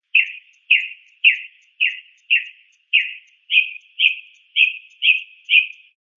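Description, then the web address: Mockingbird giving a harsh, rasping chack note repeated steadily about twice a second, eleven times in all, against a quiet background. "SFXSource. Mocking Bird Call"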